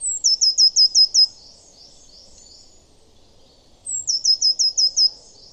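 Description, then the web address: Eurasian blue tit giving a rapid trill of six high, sharp, down-slurred notes, repeated once after a pause of about two and a half seconds. "cianscape. Deverinetal"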